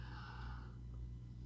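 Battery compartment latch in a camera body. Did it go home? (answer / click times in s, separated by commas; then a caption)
no / none. The small plastic latch on the battery and SD card compartment of a new Panasonic camera body does not spring back into place by itself after the battery and card are handled, so it has to be pushed back by hand. A low steady hum runs throughout, with a soft breathy hiss in the first 0.8 seconds and no distinct sharp sounds. Nothing has clicked or seated yet.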